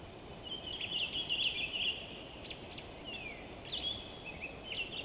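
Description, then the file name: Bird song, a high jumbled twitter followed by scattered short chirps and slurred notes, with steady low background noise throughout. Winter forest by day in the North Laurentian Woods, Canada; song resonating through frozen woods. "WINTER Forest day blissful bird song resonating through the frozen wood North Laurentian Woods Canada LOOPLR"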